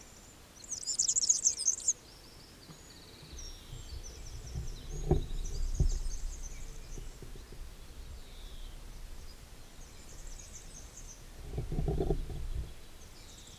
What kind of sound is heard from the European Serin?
song